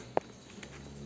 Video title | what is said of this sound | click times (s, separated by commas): MINYAK REM SUSAH TURUN/BAMPET -- GANTI SIL MASTER REM RCB -- INI SOLUSINYA | tekan saja sampai berbunyi klik dan kunci terkunci. | 0.2 s